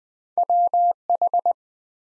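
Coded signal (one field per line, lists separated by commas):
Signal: Morse code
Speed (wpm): 20 wpm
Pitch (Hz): 700 Hz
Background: none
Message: WH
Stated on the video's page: Morse practice drill at 20 wpm, building 5-letter words one letter at a time for instant character recognition.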